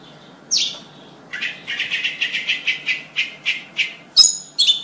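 Bird calls: a single harsh note, then a fast series of about ten short buzzy chirps, ending with two sharp high notes.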